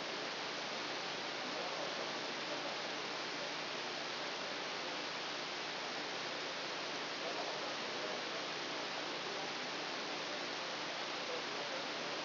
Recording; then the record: brain microelectrode recording played as sound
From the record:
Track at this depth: outside the subthalamic nucleus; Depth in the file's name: -0.883 mm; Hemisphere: left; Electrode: 2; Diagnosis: Parkinson's disease